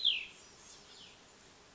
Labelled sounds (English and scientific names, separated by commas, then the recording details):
Cassin's Vireo (Vireo cassinii)
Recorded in Sonoma County, California